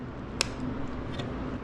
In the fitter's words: Just connect the connector. You should hear a click.